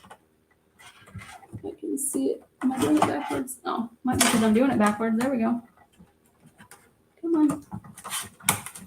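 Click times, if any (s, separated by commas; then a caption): 8.5 s. A metal needle-felting plate is pressed onto a sewing machine's needle plate while someone talks through a struggle to fit it. It finally hooks into the two holes with a sharp snap at 8.5 s, and the plate is seated.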